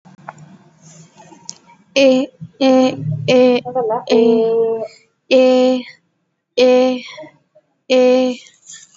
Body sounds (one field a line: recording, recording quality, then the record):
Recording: sustained vowel as in made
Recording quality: poor, much background noise or distortion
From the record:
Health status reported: COVID-19 positive, no symptoms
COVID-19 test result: positive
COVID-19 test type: RT-PCR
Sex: female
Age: 22 years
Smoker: no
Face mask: not worn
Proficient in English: yes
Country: India